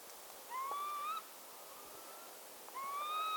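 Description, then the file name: Northern lapwing calls: a drawn-out whistled note rising toward its end, followed after a pause by a second similar rising whistle, with faint background hiss. "czajki"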